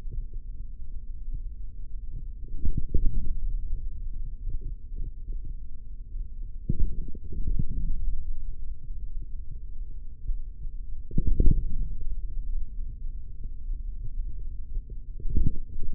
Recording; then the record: forearm muscle sounds (acoustic myography)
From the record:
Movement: hand closing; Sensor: system 3, bracelet of six PUI Audio POM-2738L microphones around the upper forearm, with dedicated amplification and filtering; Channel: 2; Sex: male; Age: 43 years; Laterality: right